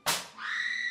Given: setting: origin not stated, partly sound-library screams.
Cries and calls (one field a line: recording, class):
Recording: one-second piece from a danger detection set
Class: woman in danger